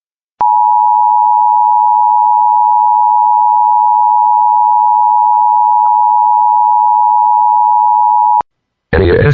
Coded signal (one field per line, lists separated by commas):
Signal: Emergency Alert System (SAME) tones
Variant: 853 and 960 Hz attention tone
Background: speech